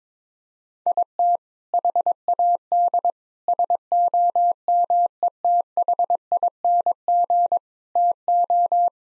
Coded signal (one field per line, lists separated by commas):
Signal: Morse code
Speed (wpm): 22 wpm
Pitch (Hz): 700 Hz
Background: none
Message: IT HAD SOMETHING TO